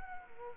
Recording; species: mosquito wingbeat signal from an infrared sensor; Culex quinquefasciatus